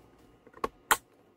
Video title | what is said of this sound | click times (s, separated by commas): Basic ELRS Setup/Bind - Radiomaster TX16S, Edge TX, Ranger Micro | And just snaps right in. | 0.9 s